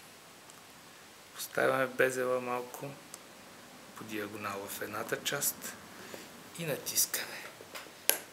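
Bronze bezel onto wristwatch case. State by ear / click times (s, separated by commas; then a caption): seated / 8.1 s. A bronze bezel is tilted at an angle onto one side of a Vostok Amphibia dive watch case and pressed down while someone talks. It snaps on with a sharp click at 8.1 s and is seated, though it is not yet certain to stay fully on, so it is next rotated while being pressed.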